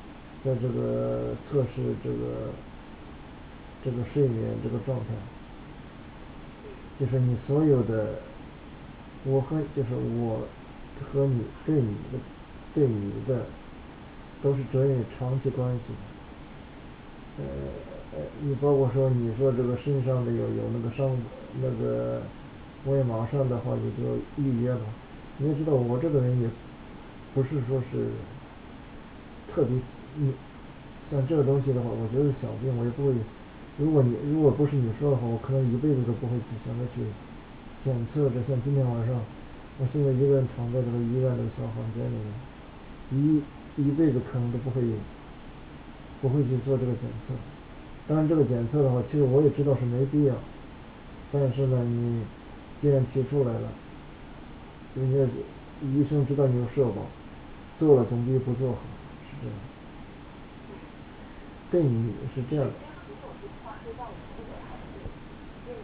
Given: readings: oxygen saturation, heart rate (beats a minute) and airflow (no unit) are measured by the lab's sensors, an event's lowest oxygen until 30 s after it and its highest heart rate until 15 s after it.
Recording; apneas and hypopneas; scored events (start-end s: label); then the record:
a person awake in a sleep study, by a voice recorder at the bedside; none
0.00-65.84 s: awake
From the record:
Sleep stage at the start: awake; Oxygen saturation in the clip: 95 to 97%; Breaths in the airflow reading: 17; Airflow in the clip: -5.1 to 5.5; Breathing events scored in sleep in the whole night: 216 in 7.0 hours asleep